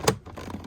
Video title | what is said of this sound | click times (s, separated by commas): How to replace the window switches on a Mercedes quick and easy HD 1080p version | you hear it click you can see it's all nice and tightly put back in you can see the gap here is good | 0.1 s